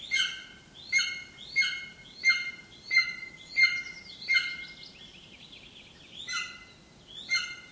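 Bird song of crisp repeated chirp phrases about every two-thirds of a second, broken by a short warbling interlude before the phrases return.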